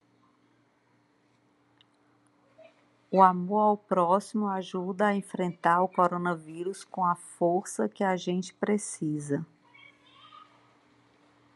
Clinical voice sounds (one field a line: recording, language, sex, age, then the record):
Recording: spoken sentence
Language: Brazilian Portuguese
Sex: female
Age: 50 to 59 years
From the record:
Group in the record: control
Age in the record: 54 years